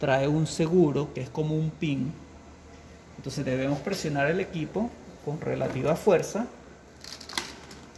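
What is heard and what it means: A man talks while the plastic cover of a Weston 10099 vacuum sealer is pressed down firmly with relative force onto its pin-style safety latches on each side. A few small taps follow, then a sharp click at 7.4 s as the latches lock and the cover is seated shut.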